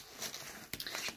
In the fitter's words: you can hear it click on like this.